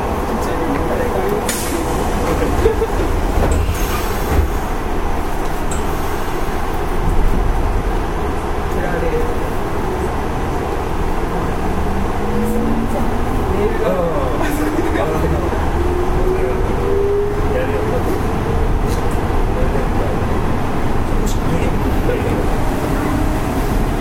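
Running noise of a Nishitetsu 5000 series train: a steady, dense low rumble holds at an even level for the whole stretch. A faint tone slowly rises in pitch between about 11 and 18 seconds, and brief clicks and knocks come and go throughout.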